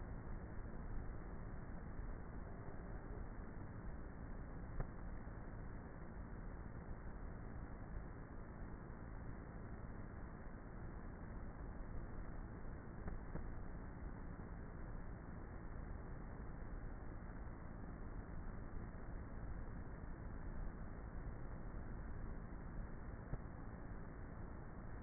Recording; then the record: honeybee colony, microphone inside the hive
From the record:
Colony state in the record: queenless with a low population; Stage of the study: before two queens were removed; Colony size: about 30,000 bees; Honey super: no